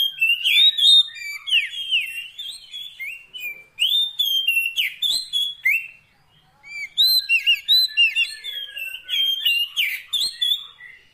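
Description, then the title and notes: Oriental magpie-robin pouring out a continuous, varied song of sweet whistles, upslurs and sharp chips, with a brief pause midway. Long-duration fill-in song to get the bird singing eagerly day and night. "Kacer Jadi Gacor Siang Malam. Isian Kacer Durasi Panjang"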